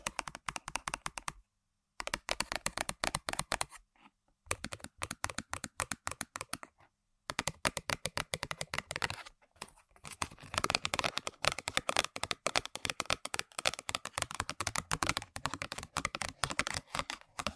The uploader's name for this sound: Tapping & Scratching On Random Objects